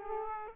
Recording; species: mosquito wingbeat signal from an infrared sensor; Aedes aegypti